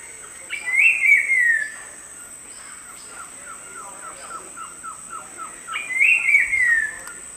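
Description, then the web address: Slate-colored grosbeak song: a loud, rich whistled phrase rising then sliding down, repeated after about five seconds, with a series of soft ticking notes between and a steady high hiss. Eastern lowlands of South America. "Natures Songs S America Eastern Lowlands. Saltator grossus, song"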